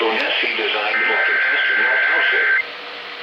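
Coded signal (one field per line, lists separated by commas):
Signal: Emergency Alert System (SAME) tones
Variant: header bursts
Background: speech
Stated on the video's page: Amber Alert for Dallas, Texas, relayed by the National Weather Service, monitored on three FM stations.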